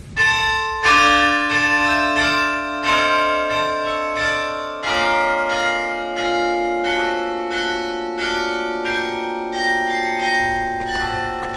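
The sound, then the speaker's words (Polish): A carillon in the town hall tower in Gdańsk, played by the city carillonist at a Saturday concert, plays a slow melody, its bells struck about once a second, each note ringing on with shimmering overtones that overlap the next. Loud and steady, with no voices. “Tuż obok mnie z wieży ratuszowej w każdą sobotę rozbrzmiewa koncert karilonowy grany przez specjalnie do tego zatrudnioną przez miasto miejską karilonistkę.”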